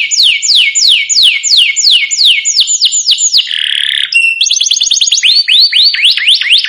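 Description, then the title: Domestic canary song of evenly repeated downward-sweeping whistles, about four each second, broken by a short lower buzzy phrase before more swooping notes. Belgian canary song played to excite other canaries, making them agitated so they respond and start singing. "Canto Para Esquentar Canário Belga. Suara Kenari Bikin Emosi & Langsung Nyaut"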